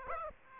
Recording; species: mosquito wingbeat signal from an infrared sensor; Aedes aegypti